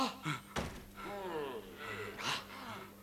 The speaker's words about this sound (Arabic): هكذا افتح الباب هكذا ونخرج جميعا.